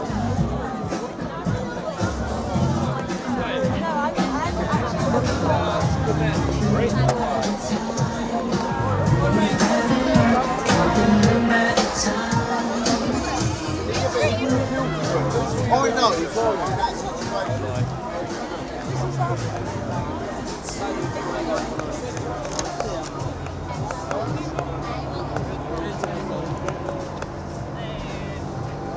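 A night walk across the Glastonbury festival grounds, surrounded by a steady, dense babble of many overlapping voices. A low, droning hum runs underneath the chatter throughout. The crowd noise holds fairly even, easing slightly toward the end.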